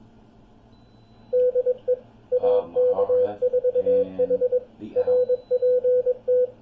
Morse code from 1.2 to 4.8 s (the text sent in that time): DE AK4H